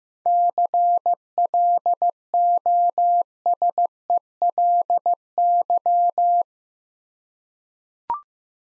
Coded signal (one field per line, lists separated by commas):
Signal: Morse code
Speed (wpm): 15 wpm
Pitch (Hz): 700 Hz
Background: none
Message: CLOSELY